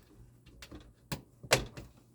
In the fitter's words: the other side snaps